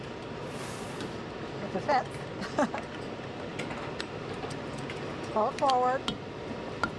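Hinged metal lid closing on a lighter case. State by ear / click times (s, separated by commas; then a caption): seated / 6.8 s. A worker fits the inside insert into a metal Zippo lighter case, pulls it forward and closes the hinged metal lid while someone talks. The lid snaps shut with a sharp click at 6.8 s, and the lighter is seated and closed.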